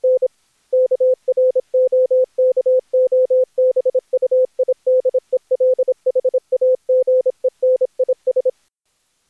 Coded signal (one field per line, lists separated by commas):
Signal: Morse code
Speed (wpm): 26 wpm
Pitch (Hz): 510 Hz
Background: none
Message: N KROKOBUIDEL HAGEN IS